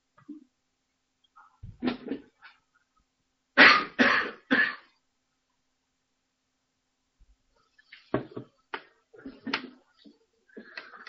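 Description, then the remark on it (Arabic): Three loud, harsh coughs in rapid succession stand out, framed by softer scattered throaty bursts and short noises before and after, with stretches of near silence between. “مش عارف بكح ليه”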